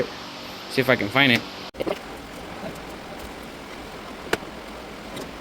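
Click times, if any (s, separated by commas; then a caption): 4.3 s. A trim piece on a Buick Envision is pushed into the vehicle body while someone talks briefly over a steady background hum, followed by a few faint knocks around 1.8–1.9 s. A single sharp click at 4.3 s marks the piece partly engaging, but it is still not fully seated.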